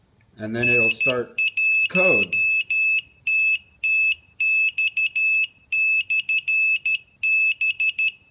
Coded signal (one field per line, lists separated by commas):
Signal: Morse code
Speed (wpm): 13 wpm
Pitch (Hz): 2600 Hz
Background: speech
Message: N1TTX/B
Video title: Morse Code Beacon automatic keyer